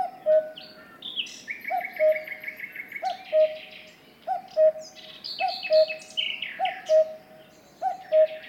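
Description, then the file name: Cuckoo sounding its two-note descending call about every 1.2 seconds while other birds twitter and whistle. "minutes of cuckoos"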